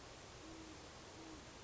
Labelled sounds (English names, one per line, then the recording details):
Great Horned Owl
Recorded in Sonoma County, California